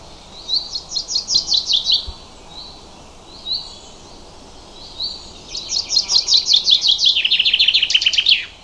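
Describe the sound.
Bird song in two bursts: a quick series of bright chirps, a pause with a few soft notes, then a longer chirped trill that drops in pitch near its end.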